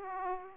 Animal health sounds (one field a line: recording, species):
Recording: mosquito wingbeat signal from an infrared sensor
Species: Aedes aegypti